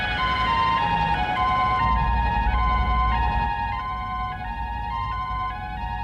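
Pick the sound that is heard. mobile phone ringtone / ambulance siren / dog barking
ambulance siren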